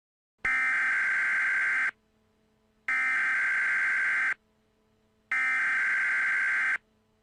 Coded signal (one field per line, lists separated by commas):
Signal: Emergency Alert System (SAME) tones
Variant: header bursts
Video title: EAS Scenario #4 Flying Butts